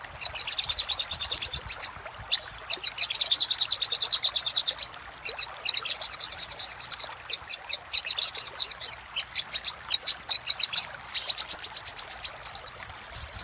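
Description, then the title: Little spiderhunter song: extended rapid chipping in several bursts, high and sharp, with short breaks and slight changes in speed. Master song for training cage birds. "Sogok Ontong Labaik"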